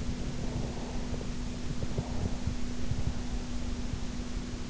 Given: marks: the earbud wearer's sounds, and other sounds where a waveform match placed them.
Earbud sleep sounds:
sounds in sleep by an in-ear microphone; breath
0.21-2.45 s: breath

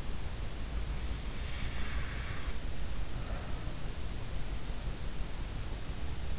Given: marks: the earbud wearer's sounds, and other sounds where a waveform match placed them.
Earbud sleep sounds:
sounds in sleep by an in-ear microphone; breath
1.58-3.86 s: breath

